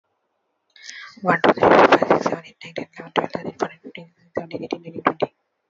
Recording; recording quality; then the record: counting at a fast pace; moderate, slight background noise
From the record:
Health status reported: healthy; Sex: female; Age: 30 years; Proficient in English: yes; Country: India